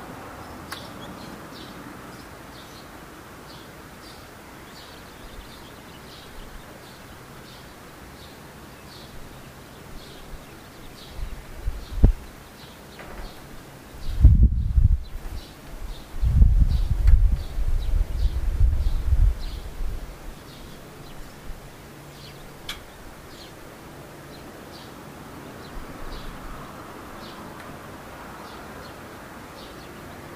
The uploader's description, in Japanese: トリ